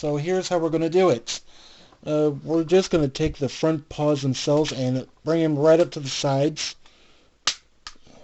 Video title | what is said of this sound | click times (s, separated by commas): Power Rangers Super Samurai GigaZord Set - Part 1 - Samurai Megazord | hear a nice click. | 7.5 s